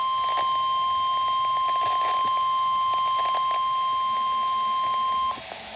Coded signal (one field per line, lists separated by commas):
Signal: Emergency Alert System (SAME) tones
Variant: 1050 Hz attention tone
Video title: Severe thunderstorm warning (EAS #130) ( WXK22 ) 4-23-21 at 2:42PM